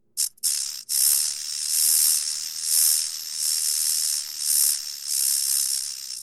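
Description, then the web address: Rattlesnake rattle: a few short bursts, then a dry, high, hissing buzz that swells and ebbs in waves about once a second. "zvukgremuchejzmei"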